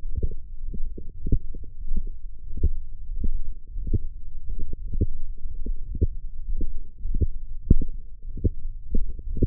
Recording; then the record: forearm muscle sounds (acoustic myography)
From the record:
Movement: wrist extension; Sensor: system 1, eight BSWA MPA416 microphones around the upper forearm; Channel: 6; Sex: male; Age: 23 years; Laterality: right